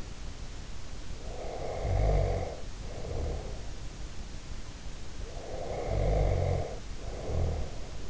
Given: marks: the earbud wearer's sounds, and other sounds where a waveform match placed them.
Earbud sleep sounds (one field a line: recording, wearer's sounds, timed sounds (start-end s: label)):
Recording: sounds in sleep by an in-ear microphone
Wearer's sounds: snoring breath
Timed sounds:
1.15-3.77 s: snoring breath
5.18-8.09 s: snoring breath